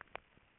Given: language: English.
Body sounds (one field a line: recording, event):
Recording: throat vibration sensor signal played as sound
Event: swallow